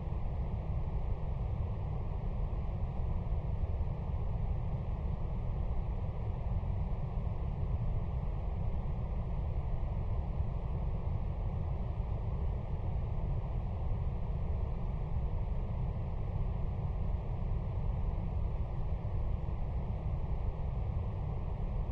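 A steady wash of brown noise, heavy in the low end and rolling off toward the top, with a muffled, rumbling character like an engine or wind. It holds perfectly even for the whole stretch, with no breaks, swells or separate sounds.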